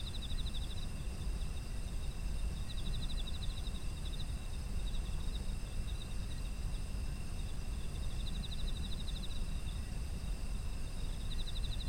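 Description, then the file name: Insects chirping in a steady chorus: several continuous high ringing tones, with pulsed trills breaking in every few seconds, over a constant low rumble. Autumn insects, environmental ambience sound. "秋の虫の環境音"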